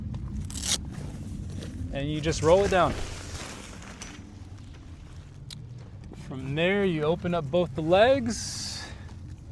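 Someone talks while handling the telescoping support leg of a 270 awning mounted on a Tundra truck, opening the leg to lock it in place, with short sharp knocks and light scraping between the words. The clip ends before the leg locks, so nothing has seated or clicked yet.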